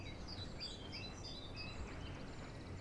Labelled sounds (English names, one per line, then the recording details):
Great Tit
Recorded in Germany
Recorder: ecoPi